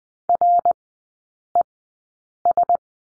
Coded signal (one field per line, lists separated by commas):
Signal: Morse code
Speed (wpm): 20 wpm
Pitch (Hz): 700 Hz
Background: none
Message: RES